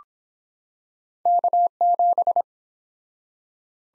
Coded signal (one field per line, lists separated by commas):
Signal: Morse code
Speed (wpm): 23 wpm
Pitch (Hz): 700 Hz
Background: none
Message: K7